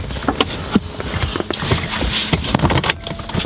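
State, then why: Partly seated. A child car seat is pushed onto its anchor points in a car, with scraping, rustling and several sharp knocks as it is shoved into place. One side's latch clicks home at 2.9 s, but the other side has not yet engaged, so the seat is latched on one side only.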